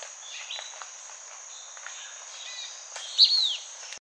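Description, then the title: Blackish pewee producing one crisp, high descending call note near the end, set against a constant high-pitched insect hum and soft background bird chatter. Subspecies nigrescens. "LuckyPassaro Completos2Sama. Blackish Pewee (Contopus nigrescens nigrescens)"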